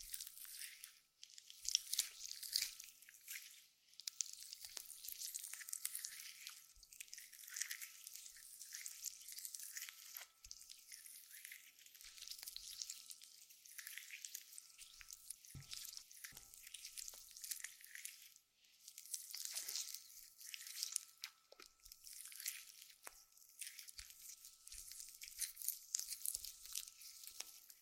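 Aloe being rubbed and squeezed against the ear makes wet, crackly, squelching sounds that run continuously, all bright and hissy with almost nothing low. The texture pulses in uneven bursts a second or two apart, with brief near-silent gaps around 4, 10 and 18 seconds.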